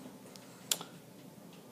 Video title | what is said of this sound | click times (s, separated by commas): Laptop screen replacement / How to replace laptop screen [HP Pavilion G6] | and it snaps together really nice | 0.4 s, 0.7 s